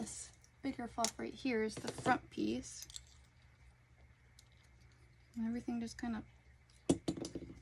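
Someone talks while a larger plastic fluff piece, the front piece of a snap-fit model kit, is pressed onto the model body. It pops into place with sharp plastic clicks at 6.9 and 7.1 seconds, and the piece is seated.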